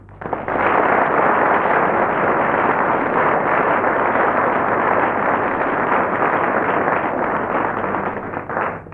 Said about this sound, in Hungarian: Na, mit mondtam? Nem akartátok elhinni, hogy tapsolni fognak. Mert még nem szóltunk egy szót sem. Ez csak előlegezett bizalom volt, majd utána figyeld meg, milyen csönd lesz.